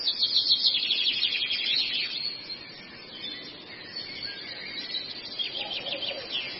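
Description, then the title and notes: Long-tailed shrike giving rapid high chattering trills in the opening two seconds, then softer, intermittent scratchy notes over a steady background hiss. Masteran song, used to train and tutor other songbirds. "Masteran Burung Cendet"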